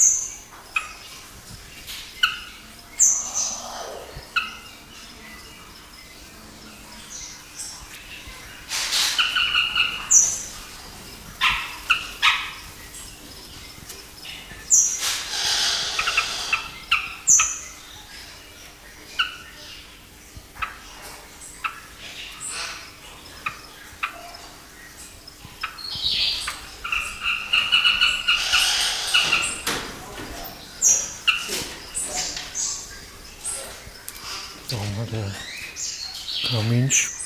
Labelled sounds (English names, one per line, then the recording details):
Northern Carmine Bee-eater call
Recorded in captivity
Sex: group
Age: adult
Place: Tierpark Carl Hagenbeck, Hamburg, DE
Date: 2000-11-26 15:14
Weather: wolkig, 5-6°C
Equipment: Nagra SN, Kopie Uher 4000 Report Monitor
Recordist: Tembrock, Günter